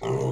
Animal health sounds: pig call; weaner (32 to 43 days)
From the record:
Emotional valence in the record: negative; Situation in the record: short isolation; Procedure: open field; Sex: female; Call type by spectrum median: low-frequency call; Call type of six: low-frequency modulated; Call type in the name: low-frequency modulated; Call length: 0.32 s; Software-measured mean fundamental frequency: 64 Hz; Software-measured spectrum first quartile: 157 Hz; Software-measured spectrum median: 361 Hz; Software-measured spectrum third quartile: 567 Hz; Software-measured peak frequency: 396 Hz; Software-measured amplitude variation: 96 dB a second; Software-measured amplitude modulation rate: 33.2 a second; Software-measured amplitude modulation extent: 2.9 dB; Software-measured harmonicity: -0.8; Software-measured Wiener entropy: -0.53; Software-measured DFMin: 1208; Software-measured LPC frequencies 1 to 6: 425, 960, 2025, 2938, 5287, 6399 Hz

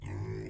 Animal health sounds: pig call; weaner (32 to 43 days)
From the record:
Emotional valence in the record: negative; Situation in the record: negative conditioning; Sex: female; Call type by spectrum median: low-frequency call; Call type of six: low-frequency stable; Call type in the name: low-frequency stable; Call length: 0.50 s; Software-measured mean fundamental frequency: 51 Hz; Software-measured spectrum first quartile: 105 Hz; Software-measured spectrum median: 214 Hz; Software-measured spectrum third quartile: 559 Hz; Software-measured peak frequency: 107 Hz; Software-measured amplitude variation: 124 dB a second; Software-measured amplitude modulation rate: 37.0 a second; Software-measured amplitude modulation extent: 3.4 dB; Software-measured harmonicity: 0.8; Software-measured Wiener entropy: -0.56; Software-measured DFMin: 934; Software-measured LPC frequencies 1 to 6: 281, 1969, 3298, 5063, 6662, 7557 Hz

